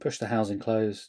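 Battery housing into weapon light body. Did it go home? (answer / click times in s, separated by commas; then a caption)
no / none. Someone talks while the battery housing of a pistol-mounted weapon light is handled, about to be pushed shut over the batteries and into the light's body before the locking lever is flipped. Nothing has seated or clicked yet.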